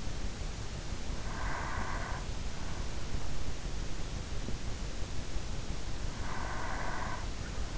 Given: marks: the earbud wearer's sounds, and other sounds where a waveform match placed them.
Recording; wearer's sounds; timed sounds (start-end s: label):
sounds in sleep by an in-ear microphone; breath
1.04-2.99 s: breath
5.89-7.78 s: breath